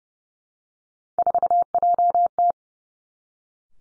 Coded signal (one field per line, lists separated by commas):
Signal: Morse code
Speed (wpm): 30 wpm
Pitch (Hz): 700 Hz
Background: none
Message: 4JT